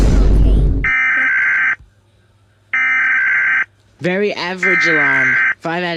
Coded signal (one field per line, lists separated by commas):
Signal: Emergency Alert System (SAME) tones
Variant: header bursts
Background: speech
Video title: Rating eas alarms